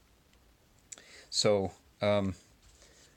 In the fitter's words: can see inserting this it's very smooth and a very solid click to it very